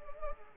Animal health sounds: mosquito wingbeat signal from an infrared sensor; Anopheles arabiensis

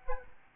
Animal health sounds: mosquito wingbeat signal from an infrared sensor; Aedes albopictus

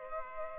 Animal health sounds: mosquito wingbeat signal from an infrared sensor; Culex pipiens

